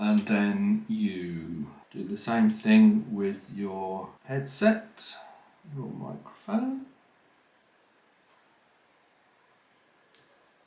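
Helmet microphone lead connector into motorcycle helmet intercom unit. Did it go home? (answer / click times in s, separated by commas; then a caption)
yes / 10.1 s. Someone talks for the first seven seconds, and then a helmet microphone lead connector is pushed into a Sena RT1 motorcycle helmet intercom unit, the same way as the headset lead. After a short quiet stretch, a single sharp, positive click at 10.1 s shows the connector has seated.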